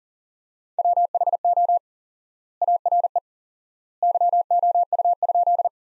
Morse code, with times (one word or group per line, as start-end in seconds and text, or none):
0.8-1.8 WHO
2.6-3.2 ARE
4.0-5.7 YOU?